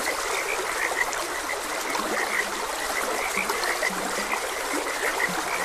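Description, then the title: Frog chorus of quick repeated croaks with a few lower drawn-out notes, set against a steady babble of flowing water. Frogs croaking beside a gentle stream, ambient nature sounds. "Gentle Stream and Frogs Croaking"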